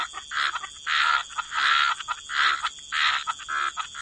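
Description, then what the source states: Frog calls in rasping, pulsed bursts of about half a second, repeated unevenly, with a continuous high hiss behind them. Frog chorus.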